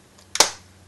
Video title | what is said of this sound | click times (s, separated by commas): DELL INSPIRON 15 (1545) Memory Upgrade (Watch my mistake) | it pops into place and holds it then you can take your screwdriver I tend to go to the left a little | 0.4 s